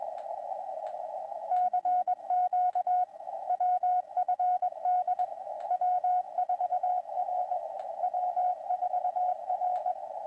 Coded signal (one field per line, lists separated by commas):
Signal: Morse code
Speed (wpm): 22 wpm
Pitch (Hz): 720 Hz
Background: radio noise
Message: CQ WFD W4R W4R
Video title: KI5WWT Winter Field Day 2025 - Live Stream Day 2